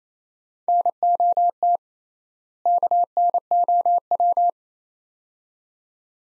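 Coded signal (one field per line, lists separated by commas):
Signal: Morse code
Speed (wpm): 28 wpm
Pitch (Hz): 700 Hz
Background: none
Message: NOT KNOW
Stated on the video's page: Morse code word-pair practice at 28 wpm with 3x word spacing, a Farnsworth-like method applied to words; each pair sent in Morse, then spoken.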